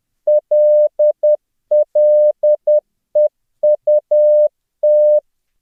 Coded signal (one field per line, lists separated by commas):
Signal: Morse code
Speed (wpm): 10 wpm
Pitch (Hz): 600 Hz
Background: none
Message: LLEUT